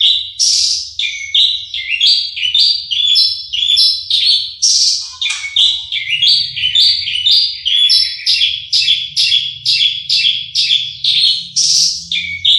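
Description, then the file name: Horsfield's bush lark song, a continuous run of short high chirps and trilled notes, changing phrases several times each second, with faint low hum beneath. Individual bird named Mercy, owned by Om Donny; kept bird. "audio branjangan mercy milik om donny marga omkicau com"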